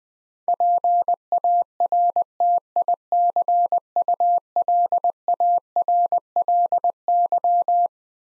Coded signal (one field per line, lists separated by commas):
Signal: Morse code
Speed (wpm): 20 wpm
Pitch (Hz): 700 Hz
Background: none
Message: PARTICULARLY